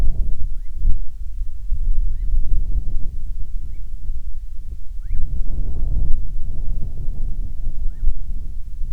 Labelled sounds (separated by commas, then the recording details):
bird, wind
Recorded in the Prudhoe Bay oil fields, Alaska, on 10 July 2019 at 14:58
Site 14